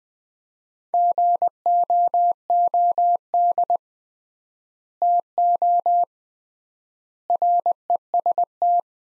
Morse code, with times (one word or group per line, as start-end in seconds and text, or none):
0.9-3.8 GOOD
5.0-6.0 TO
7.3-8.8 REST